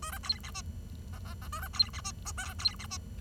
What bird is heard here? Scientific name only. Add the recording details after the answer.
Lonchura striata domestica. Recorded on 23 June 2012 at 10:56. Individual gr41rd51